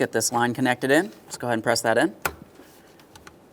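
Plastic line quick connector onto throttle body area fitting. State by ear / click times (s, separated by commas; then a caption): seated / 3.2 s, 3.3 s. Someone talks while a plastic vacuum line quick connector is pressed by hand onto its fitting near the throttle body of a 2015-2020 Ford F-150 3.5L V6 during an intake VVT solenoid replacement. After the talking stops, two sharp clicks are heard at about 3.2 s and 3.3 s as the connector seats. The line is confirmed connected.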